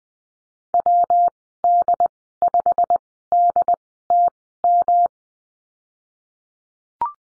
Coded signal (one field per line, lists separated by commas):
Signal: Morse code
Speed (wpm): 19 wpm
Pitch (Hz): 700 Hz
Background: none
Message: WD5DTM